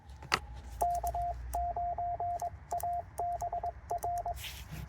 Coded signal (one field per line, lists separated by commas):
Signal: Morse code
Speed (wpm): 22 wpm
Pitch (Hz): 700 Hz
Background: radio noise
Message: K9ABR